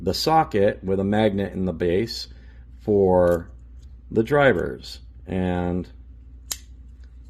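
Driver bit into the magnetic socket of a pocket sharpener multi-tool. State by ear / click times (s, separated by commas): seated / 6.5 s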